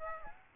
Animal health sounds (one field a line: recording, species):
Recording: mosquito wingbeat signal from an infrared sensor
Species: Aedes aegypti